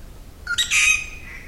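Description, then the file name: Grey treepie giving a single harsh, squawking call that starts with a short note and ends in a drawn-out rasping tail. "treepie-grey -Dendrocitta-formosae"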